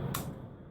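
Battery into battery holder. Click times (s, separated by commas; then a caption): 0.2 s. A battery is fitted into a plastic battery holder and seats with a single sharp click at 0.2 s, locking in place on the top. A low background hum runs underneath and fades slightly afterward.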